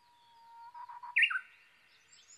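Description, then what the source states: Japanese bush warbler song opening on a plain whistle that wavers into a few stuttered notes, then ends in a loud, swooping high flourish. Recorded 22 May 2011 at 05:43.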